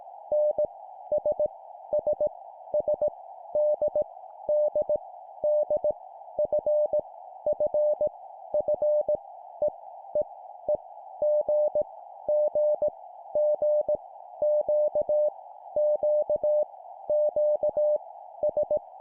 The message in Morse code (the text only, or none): N S S S D D D F F F E E E G G G Q Q Q S